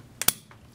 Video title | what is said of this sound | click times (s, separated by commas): Garmin GPSMAP 60 Series Handlebar Mount @ GPSCity | there we go it is snapped in place you want to make sure it snaps so it doesn't bounce off The Handlebar when you're on the trail | 0.2 s, 0.3 s